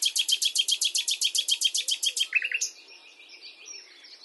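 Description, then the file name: Common nightingale song opening with a loud, rapid run of many repeated notes, followed by softer, quieter sounds. "Luscinia megarhynchos"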